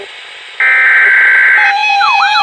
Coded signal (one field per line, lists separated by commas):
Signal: Emergency Alert System (SAME) tones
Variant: header bursts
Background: speech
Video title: XLF339 Severe Thunderstorm Warning #3 6/14/2021 (EAS #645)